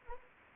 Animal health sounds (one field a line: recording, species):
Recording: mosquito wingbeat signal from an infrared sensor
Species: Anopheles arabiensis